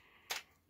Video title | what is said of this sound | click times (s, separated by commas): Arrma Kraton 8s M2C Build part 2 | And that's it, it clicks into place. | 0.3 s